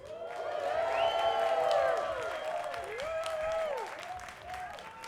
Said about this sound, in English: I think this is also a good moment to bring a big applause for all the stations.